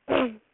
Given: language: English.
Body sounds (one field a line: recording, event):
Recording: throat vibration sensor signal played as sound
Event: throat clearing